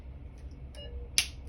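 A nurse pulls back the plunger of a needleless blood-conservation reservoir for blood sampling on an arterial line. After a quiet stretch with a faint soft sound near 0.8 s, a short, sharp click is heard at 1.2 s. The plunger locks into its drawn-back position.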